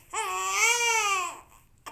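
A single infant cry of about 1.2 seconds from a Fisher-Price toy, high-pitched and tonal, rising slightly at the start and falling away at the end. It is one sustained wail, a plain baby cry.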